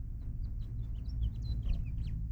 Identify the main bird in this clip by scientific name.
Haemorhous mexicanus